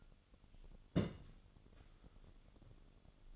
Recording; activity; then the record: daily activity, microphone in the room; place on stove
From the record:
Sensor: 4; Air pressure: 1008.9 hPa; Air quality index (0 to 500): 136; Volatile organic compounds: 2 ppm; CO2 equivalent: 984 ppm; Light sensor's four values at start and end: 11/26/10/9 and 12/26/10/10